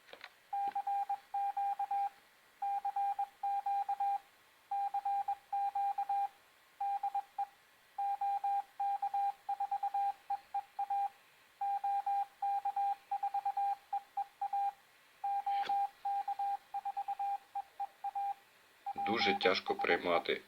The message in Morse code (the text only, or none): CQ CQ CQ DE OK4EEA OK4EEA OK4EEA PSE